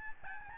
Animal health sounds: mosquito wingbeat signal from an infrared sensor; Aedes albopictus

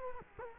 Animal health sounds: mosquito wingbeat signal from an infrared sensor; Culex quinquefasciatus

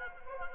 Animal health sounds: mosquito wingbeat signal from an infrared sensor; Anopheles arabiensis

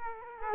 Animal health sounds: mosquito wingbeat signal from an infrared sensor; Culex quinquefasciatus

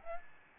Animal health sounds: mosquito wingbeat signal from an infrared sensor; Aedes albopictus

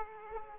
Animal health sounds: mosquito wingbeat signal from an infrared sensor; Aedes aegypti

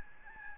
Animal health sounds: mosquito wingbeat signal from an infrared sensor; Aedes albopictus

